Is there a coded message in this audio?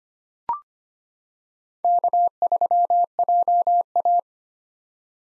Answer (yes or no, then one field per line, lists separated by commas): yes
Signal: Morse code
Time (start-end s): 1.8-4.2 s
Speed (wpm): 25 wpm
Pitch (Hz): 700 Hz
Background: none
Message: K3JA